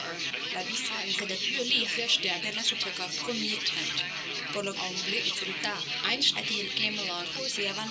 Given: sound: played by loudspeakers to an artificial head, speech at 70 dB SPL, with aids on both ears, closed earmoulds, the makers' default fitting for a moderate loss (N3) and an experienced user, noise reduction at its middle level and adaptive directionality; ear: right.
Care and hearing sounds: speech test signal (ISTS) in cocktail-party noise; +3 dB; in front (0 degrees)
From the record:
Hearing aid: class 1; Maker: A

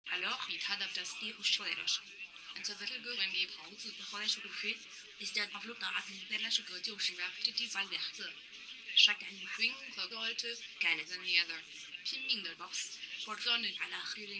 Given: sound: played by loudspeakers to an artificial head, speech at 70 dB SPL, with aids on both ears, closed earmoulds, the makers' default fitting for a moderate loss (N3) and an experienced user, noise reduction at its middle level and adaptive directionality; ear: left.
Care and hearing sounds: speech test signal (ISTS) in cocktail-party noise; +9 dB; on the right (90 degrees)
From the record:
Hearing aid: class 2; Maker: J

